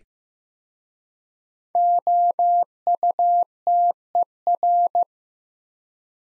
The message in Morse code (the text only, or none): OUTER